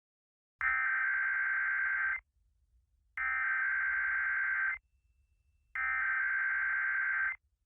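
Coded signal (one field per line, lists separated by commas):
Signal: Emergency Alert System (SAME) tones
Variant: header bursts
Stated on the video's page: Required Weekly Tests relayed by broadcast radio stations; one had an unexplained garbling sound.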